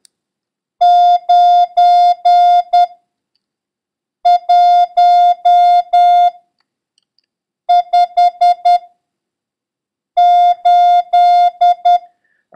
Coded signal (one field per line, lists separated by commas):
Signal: Morse code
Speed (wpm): 10 wpm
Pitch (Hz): 710 Hz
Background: music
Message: 9158